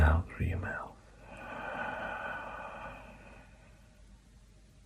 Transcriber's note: breathes out